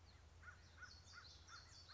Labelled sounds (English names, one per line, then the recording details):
American Crow
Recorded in Sonoma County, California